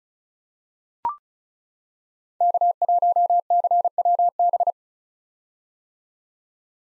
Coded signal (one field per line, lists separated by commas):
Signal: Morse code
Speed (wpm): 36 wpm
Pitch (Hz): 700 Hz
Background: none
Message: K1CWB